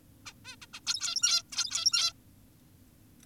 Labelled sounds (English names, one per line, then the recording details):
Zebra Finch
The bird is an adult
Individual g17y2U